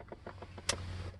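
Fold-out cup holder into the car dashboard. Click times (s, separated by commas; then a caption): 0.7 s. In a 2012 Porsche Cayman S Black Edition, the plastic fold-out cup holder arm is folded back in and the cup holder is pushed up into the dashboard. A few soft plastic taps come first, followed by a sharp, bright click at 0.7 s as it clicks shut, all over a low steady hum. The cup holder is seated closed.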